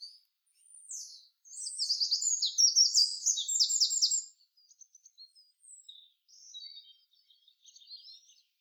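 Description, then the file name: Eurasian wren delivering a vigorous high trilling phrase of about three seconds, then softer scattered twitters trailing off afterward. "Troglodytes troglodytes"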